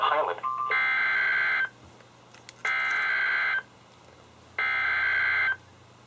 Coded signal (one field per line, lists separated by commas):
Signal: Emergency Alert System (SAME) tones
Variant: header bursts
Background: speech